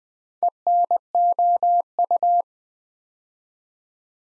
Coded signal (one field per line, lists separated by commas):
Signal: Morse code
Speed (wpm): 20 wpm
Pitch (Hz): 700 Hz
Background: none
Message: ENOU